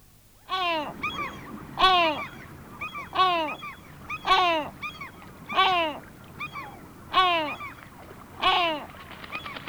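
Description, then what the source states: Great Black-backed Gull giving deep, harsh, descending calls with strong harmonics, repeated at a steady rate, with fainter calls between them. Sweden.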